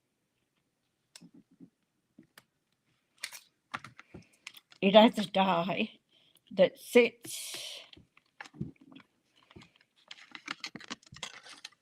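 A small metal cutting die is handled at a craft punch holder, where it is meant to be pushed in until it locks into place. Light clicks and taps are heard while someone talks. Nothing has seated or locked yet by the end.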